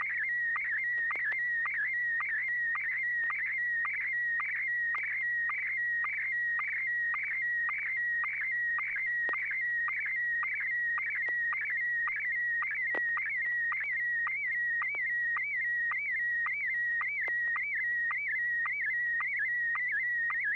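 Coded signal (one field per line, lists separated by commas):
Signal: SSTV (slow-scan television)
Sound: warbling high tone shifting pitch, with a short click-like blip about twice a second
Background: low mains hum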